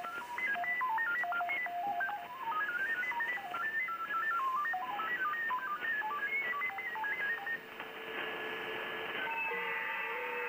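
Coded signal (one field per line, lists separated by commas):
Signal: FT8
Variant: SuperFox mode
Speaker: may try changing my transmit frequency here in the spectrum.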